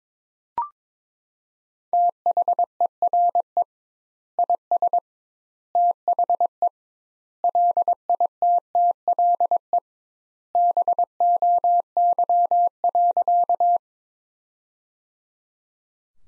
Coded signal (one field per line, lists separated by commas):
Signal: Morse code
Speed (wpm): 22 wpm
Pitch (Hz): 700 Hz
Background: none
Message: THERE IS THE LITTLE BOY.